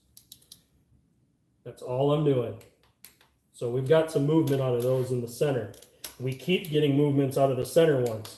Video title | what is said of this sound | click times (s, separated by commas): Bad Wrench Automotive S7 Kickoff: Deer Collision, Car Sales & Garage Updates (Live Stream) | until it clicks | 0.2 s